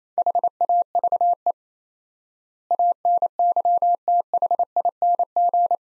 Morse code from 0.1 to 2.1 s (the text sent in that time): HAVE